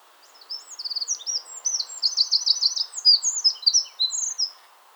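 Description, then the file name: Eurasian wren song: a burst of high quick notes and a loud rattling trill, about four seconds long. "Troglodytes troglodytes"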